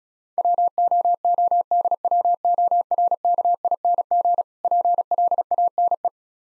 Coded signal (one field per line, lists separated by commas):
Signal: Morse code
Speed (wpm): 37 wpm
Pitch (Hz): 700 Hz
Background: none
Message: WOODWORKING PLANE